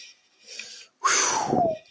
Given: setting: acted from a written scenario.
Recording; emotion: vocal sound without words; relief